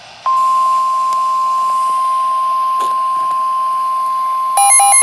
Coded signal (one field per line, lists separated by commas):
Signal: Emergency Alert System (SAME) tones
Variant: 1050 Hz attention tone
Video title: Severe Thunderstorm Warning #9 (EAS #18) (6/11/2023)